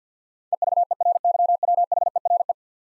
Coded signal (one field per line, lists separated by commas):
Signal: Morse code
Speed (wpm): 50 wpm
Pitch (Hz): 700 Hz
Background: none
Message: EVERYWHERE